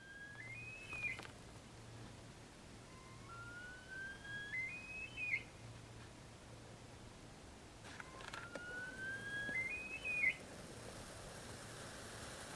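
Himalayan snowcock whistles: long rising whistled phrases that climb and end in a quick warbling flourish, faint over a steady low hum and background hiss.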